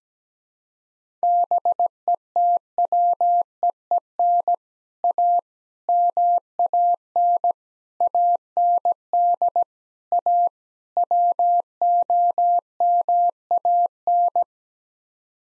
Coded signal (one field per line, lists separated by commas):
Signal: Morse code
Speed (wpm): 17 wpm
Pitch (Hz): 700 Hz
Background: none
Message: BETWEEN A MAN AND A WOMAN